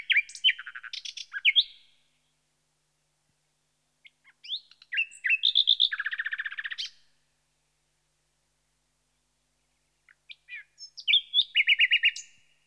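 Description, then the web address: Common nightingale song in three bursts separated by silences, mixing sharp notes, rapid trills and buzzy rattling phrases. "BBC Sound Effects Library. Nightingale"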